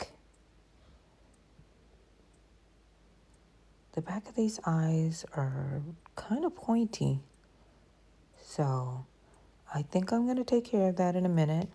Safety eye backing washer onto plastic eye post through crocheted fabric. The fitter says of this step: Stoppers till we hear a little click